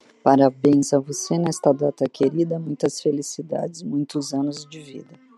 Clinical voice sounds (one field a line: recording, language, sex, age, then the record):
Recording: short text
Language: Brazilian Portuguese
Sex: female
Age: 50 to 59 years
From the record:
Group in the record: control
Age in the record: 59 years